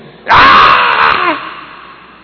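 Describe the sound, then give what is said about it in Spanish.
A man preaching imitates a woman's scream in labor to show how she cries out in birth pains: one loud, strained, high-pitched cry lasting about a second, which breaks off and trails away into quiet. “¿La mujer embarazada gime? ¿Sí o no? ¿Y da gritos?”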